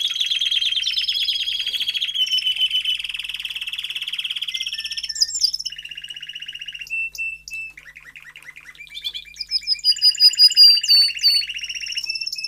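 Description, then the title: Domestic canary singing long buzzy trills that change pitch, a quieter stretch, then bright fast rolling phrases and sharp high notes. Male Belgian canary singing a lot, for training and warming up young canaries. "Canario Belga. Macho Cantando Muito"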